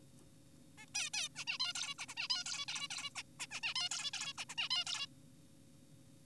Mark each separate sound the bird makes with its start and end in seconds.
0.78-0.86, 0.95-1.10, 1.14-1.29, 1.36-1.45, 1.47-1.58, 1.60-1.73, 1.75-1.94, 1.99-2.06, 2.08-2.14, 2.17-2.28, 2.30-2.44, 2.46-2.66, 2.68-2.88, 2.91-3.10, 3.16-3.22, 3.40-3.47, 3.51-3.60, 3.63-3.74, 3.76-3.89, 3.91-4.11, 4.14-4.33, 4.38-4.45, 4.49-4.55, 4.58-4.68, 4.71-4.84, 4.87-5.07